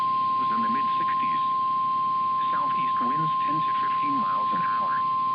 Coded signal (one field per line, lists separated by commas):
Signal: Emergency Alert System (SAME) tones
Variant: 1050 Hz attention tone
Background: speech